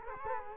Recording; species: mosquito wingbeat signal from an infrared sensor; Culex quinquefasciatus